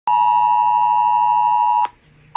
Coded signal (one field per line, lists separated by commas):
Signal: Emergency Alert System (SAME) tones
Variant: 853 and 960 Hz attention tone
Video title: Tornado Warning + EAS Alert On Phone